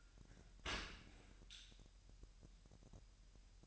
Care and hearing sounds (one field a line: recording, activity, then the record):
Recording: daily activity, microphone in the room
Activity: open dishwasher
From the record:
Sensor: 2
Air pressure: 1000.4 hPa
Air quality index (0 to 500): 246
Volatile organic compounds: 92 ppm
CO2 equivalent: 3697 ppm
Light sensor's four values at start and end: 9/21/9/9 and 9/21/9/9